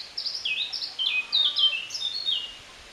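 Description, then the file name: Eurasian blackcap song: a bright, rich warble of descending whistled phrases, fast and varied, ending after about two and a half seconds with faint background hiss. "Sylvia atricapilla"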